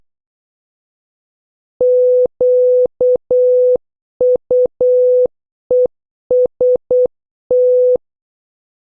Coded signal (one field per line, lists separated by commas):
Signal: Morse code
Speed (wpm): 8 wpm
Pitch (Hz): 500 Hz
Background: none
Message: QUEST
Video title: 10. Practice Morse Code Words with Sound - O to Z (Increasing speed) (Must Watch previous videos)